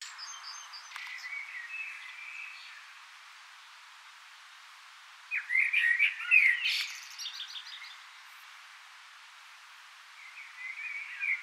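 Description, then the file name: Common blackbird giving one fuller warbled phrase with a squeaky high twitter, with weaker fragments of fluting before and after against a soft background hiss. "Turdus merula"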